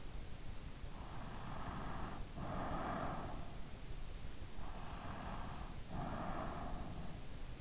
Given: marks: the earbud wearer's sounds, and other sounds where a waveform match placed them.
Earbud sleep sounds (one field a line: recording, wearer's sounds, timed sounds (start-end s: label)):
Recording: sounds in sleep by an in-ear microphone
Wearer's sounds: breath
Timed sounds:
1.18-3.46 s: breath
4.84-6.93 s: breath